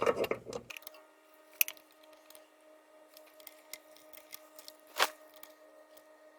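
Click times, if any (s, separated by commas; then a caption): 1.6 s. A click-type torque wrench, set to spec, is turned to tighten a metal transmission pan bolt on the 722.9 transmission of a 2012 Mercedes GLK X204 during a fluid and filter service. After a brief burst of clattering, the wrench gives a sharp click at 1.6 s, signaling the setting is reached, and a duller knock follows at 5.0 s over a faint steady hum.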